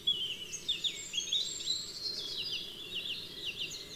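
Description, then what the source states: Birds singing: a high, fast twittering run of chirps and downward-slurred whistles, continuous and overlapping, with a low background hum. Birds in woodland.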